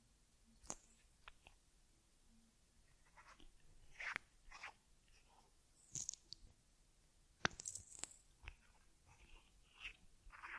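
Caring for a teddy bear with massage, cleansing, fur combing and ear cleaning: short crisp rustles, scratches and sharp clicks come irregularly every second or two over a very quiet background. Some bursts are brighter and hissy, others dull taps.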